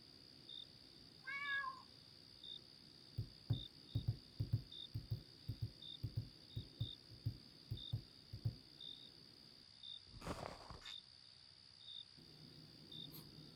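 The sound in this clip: Domestic cat giving one short rising-then-falling meow early on, followed by a run of low soft thumps, with a steady high whine and faint repeated chirps behind.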